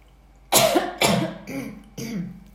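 Four short, harsh bursts about half a second apart from an adult with morning hoarseness. The first two are loud and explosive, the later ones softer and partly voiced, like clearing a rough throat. It is a brief bout of coughing and throat clearing, with no wheeze or gasping between bursts.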